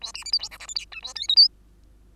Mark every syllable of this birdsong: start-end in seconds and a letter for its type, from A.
0.01-0.12 A, 0.14-0.24 B, 0.25-0.32 C, 0.32-0.39 D, 0.39-0.49 E, 0.51-0.58 F, 0.59-0.67 G, 0.68-0.74 H, 0.75-0.85 I, 0.91-1.02 J, 1.02-1.14 A, 1.15-1.28 K, 1.28-1.35 L, 1.36-1.48 M